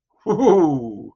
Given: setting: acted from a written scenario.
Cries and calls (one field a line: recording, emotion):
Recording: vocal sound without words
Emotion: desire